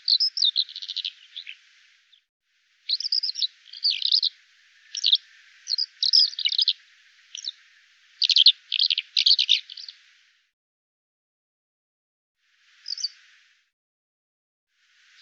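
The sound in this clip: Bird song in bursts of thin, high chirps and scratchy twittering, several phrases over about ten seconds, then a pause and one short chirp.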